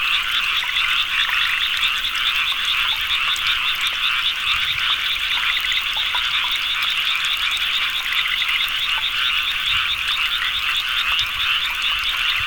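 Dense chorus of frogs, overlapping rattling trills and chirps blending into a constant buzzing mass of calls, with faint clicks scattered through it.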